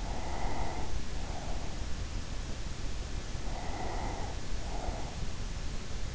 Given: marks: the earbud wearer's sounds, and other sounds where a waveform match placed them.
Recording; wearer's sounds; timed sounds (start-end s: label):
sounds in sleep by an in-ear microphone; breath
0.00-2.05 s: breath
3.25-5.74 s: breath